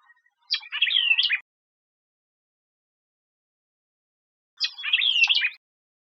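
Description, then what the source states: White-eyed vireo song, two short, snappy phrases of mixed whistled and buzzy notes about four seconds apart, silent between. Texas, USA, 26 June 2005.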